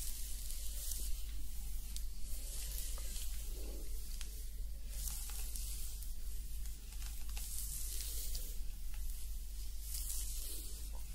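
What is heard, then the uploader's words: Steady hair-play sounds of soft scratchy brushing and rubbing, with hissy strokes that brighten every second or two. Loudness barely changes throughout, and a constant low hum runs underneath. ASMR Calming Hair Play Treatment Roleplay scalp massage, hair wash & hair brushing.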